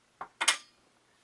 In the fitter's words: Then up one more. You'll hear it click in again